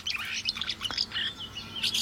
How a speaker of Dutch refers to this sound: Maar hoe houd je al deze vrolijke zang en dit gekwetter uit elkaar?